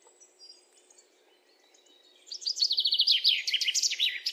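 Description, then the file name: Common chaffinch song: after about two quiet seconds, a loud series of rapid high notes, falling in pitch, begins and runs on to the end; faint background noise. "Fringilla coelebs"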